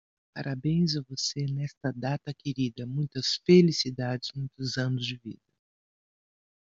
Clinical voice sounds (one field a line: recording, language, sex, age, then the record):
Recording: short text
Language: Brazilian Portuguese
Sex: female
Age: 50 to 59 years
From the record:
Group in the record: control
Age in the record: 52 years